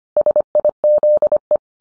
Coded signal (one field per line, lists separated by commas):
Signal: Morse code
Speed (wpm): 25 wpm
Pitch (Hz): 600 Hz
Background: none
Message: SIZE